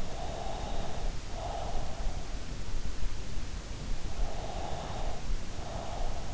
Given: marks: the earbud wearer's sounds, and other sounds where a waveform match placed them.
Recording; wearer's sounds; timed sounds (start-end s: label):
sounds in sleep by an in-ear microphone; breath
0.19-2.31 s: breath
4.08-6.31 s: breath